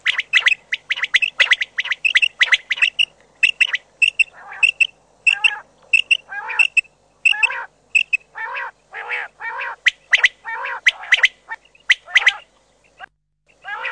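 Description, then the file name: Common quail calls in a long irregular series of quick sharp high notes and buzzy grating bursts. "QUAGLIA"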